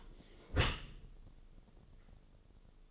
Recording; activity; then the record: daily activity, microphone in the room; close dishwasher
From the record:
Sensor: 4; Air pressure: 1015.8 hPa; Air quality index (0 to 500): 94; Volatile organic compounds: 2 ppm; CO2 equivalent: 1047 ppm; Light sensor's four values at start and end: 9/19/8/7 and 9/19/7/7